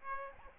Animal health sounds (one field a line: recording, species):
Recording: mosquito wingbeat signal from an infrared sensor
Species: Aedes albopictus